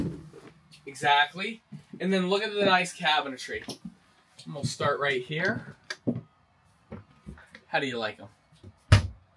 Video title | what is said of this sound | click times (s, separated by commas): Tiny Class B+ Motorhome Sleeps 4 people! | all right and I think they lock too don't they so they don't they're not going anywhere yep you hear it click so | 8.9 s